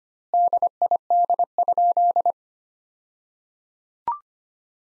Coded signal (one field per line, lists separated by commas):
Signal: Morse code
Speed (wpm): 25 wpm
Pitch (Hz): 700 Hz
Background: none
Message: DID?